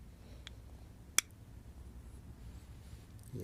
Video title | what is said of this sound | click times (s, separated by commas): Volvo D5 Injector. Cheap and Expensive Mounting Options. | heard that click there because | 1.2 s